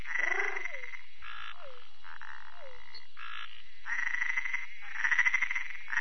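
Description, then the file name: Treefrog chorus: long buzzy pulsed trills alternating with short downward-slurred clucks, several calls overlapping in quick succession. "Bokermannohyla luctuosa"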